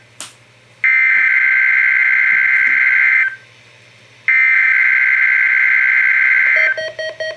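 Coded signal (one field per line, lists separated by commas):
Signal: Emergency Alert System (SAME) tones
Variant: header bursts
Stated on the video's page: NWS required weekly test from NOAA Weather Radio WNG736 Silver Spring, Maryland on 162.450 MHz; valid SAME tones.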